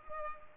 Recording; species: mosquito wingbeat signal from an infrared sensor; Culex pipiens